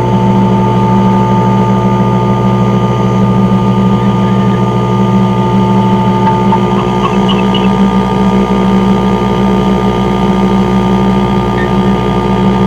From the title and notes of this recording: Noisevember Installation - Four arrangements layered. Four setups of a multi-channel installation were recorded that focussed on the noise of the three primary receivers/amplifiers.